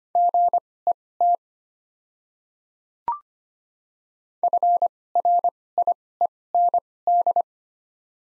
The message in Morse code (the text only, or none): GET FRIEND